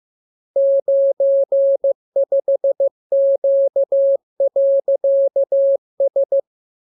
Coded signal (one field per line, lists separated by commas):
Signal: Morse code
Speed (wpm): 15 wpm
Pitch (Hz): 550 Hz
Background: none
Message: 95Q.S